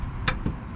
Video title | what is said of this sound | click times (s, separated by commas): 2011 Audi Q7 Brake Pad Replacement | There we go, popped into place. | 0.3 s